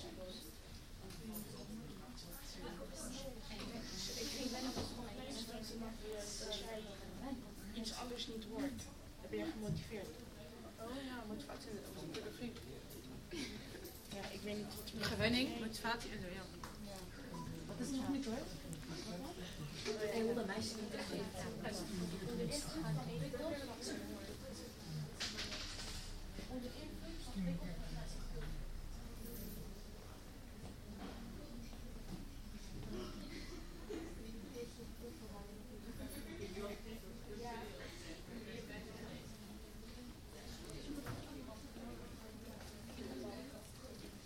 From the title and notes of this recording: Conversations in the library/Gesprekken in de bieb. Recorded in the Central Public Library, The Hague. Opgenomen in de Centrale Openbare Bibliotheek, Den Haag.